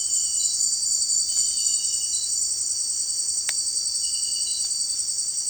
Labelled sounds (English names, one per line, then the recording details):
none
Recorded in secondary vegetation near Puerto Asís, Putumayo, Colombia, on 29 June 2025 at 18:00
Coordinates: 0.499, -76.323
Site G077